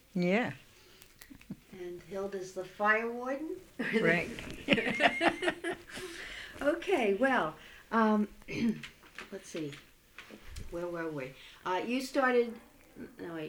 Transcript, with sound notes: Yeah.
And Hilda is the fire warden. ( they laugh ) Okay. Well, let's see. Where were we? You started, now, wait.